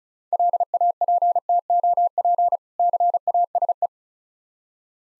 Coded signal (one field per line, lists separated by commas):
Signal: Morse code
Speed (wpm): 36 wpm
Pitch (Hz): 700 Hz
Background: none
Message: LAPTOP CASE